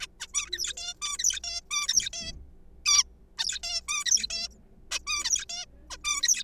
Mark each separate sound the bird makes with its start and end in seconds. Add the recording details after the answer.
0.01-0.07, 0.20-0.27, 0.34-0.46, 0.53-0.73, 0.77-0.94, 1.02-1.18, 1.19-1.40, 1.44-1.60, 1.71-1.88, 1.88-2.09, 2.13-2.32, 2.86-3.03, 3.39-3.59, 3.63-3.81, 3.88-4.04, 4.05-4.27, 4.30-4.48, 4.91-4.99, 5.07-5.45, 5.49-5.65, 5.90-5.97, 6.04-6.22, 6.23-6.43. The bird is a juvenile. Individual R3428